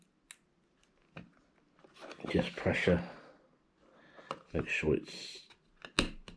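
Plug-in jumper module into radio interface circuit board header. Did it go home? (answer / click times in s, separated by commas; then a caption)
yes / 6.0 s. A plug-in jumper module for an Icom 718 is pressed by hand onto the pin header of a Tigertronics SignaLink radio interface circuit board while someone talks. It seats nice and solid with a sharp click at 6.0 s.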